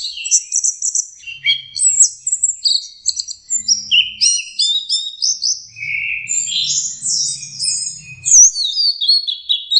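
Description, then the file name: Orange-headed thrush singing a fast, varied run of high chattering and whistled phrases, some rising and falling, with a faint low hum in places. Masteran (training) song of anis merah (orange-headed thrush). "suara masteran anis merah"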